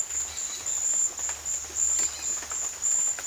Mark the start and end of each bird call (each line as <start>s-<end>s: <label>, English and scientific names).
0.26s-2.31s: Dusky-headed Parakeet (Aratinga weddellii)